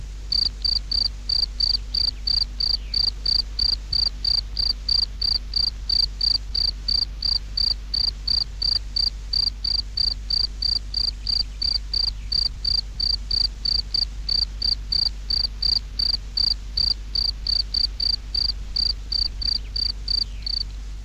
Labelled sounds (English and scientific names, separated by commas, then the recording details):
Field Cricket (Gryllus campestris)
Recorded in the wild
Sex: male
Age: imago
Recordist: Meyer, Hugo
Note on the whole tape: Zirpen, zwei Lautstärken